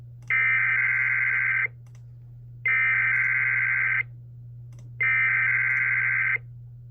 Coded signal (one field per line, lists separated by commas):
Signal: Emergency Alert System (SAME) tones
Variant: header bursts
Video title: EAS 1155-1157: Weekly Tests from 10/28/2020